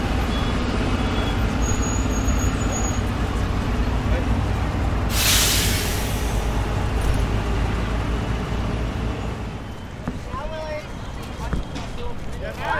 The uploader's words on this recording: Soundscape of New-York. Avril 2018.